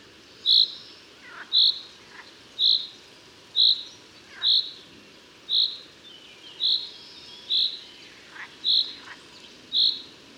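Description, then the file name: Common chaffinch repeating a bright, short call about once a second, ten times in steady rhythm, with a few faint other bird notes behind. "Fringilla coelebs"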